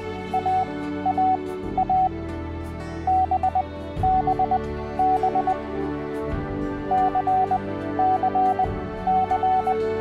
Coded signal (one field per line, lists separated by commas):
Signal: Morse code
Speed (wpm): 20 wpm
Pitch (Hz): 750 Hz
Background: music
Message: AAA BBB CCC